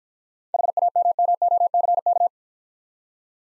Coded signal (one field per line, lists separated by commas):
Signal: Morse code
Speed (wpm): 49 wpm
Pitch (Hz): 700 Hz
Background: none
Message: HAMMOCK